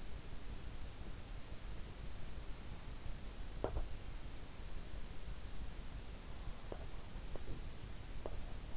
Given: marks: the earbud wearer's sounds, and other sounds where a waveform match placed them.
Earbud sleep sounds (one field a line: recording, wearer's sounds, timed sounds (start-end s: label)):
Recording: sounds in sleep by an in-ear microphone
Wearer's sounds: teeth grinding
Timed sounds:
3.41-4.00 s: teeth grinding
6.46-8.77 s: teeth grinding